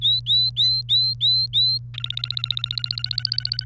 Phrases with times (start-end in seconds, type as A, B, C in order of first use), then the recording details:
0.01-1.78 A, 1.94-3.64 B. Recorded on 1 May 2018 at 11:29. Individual llb3